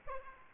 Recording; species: mosquito wingbeat signal from an infrared sensor; Aedes aegypti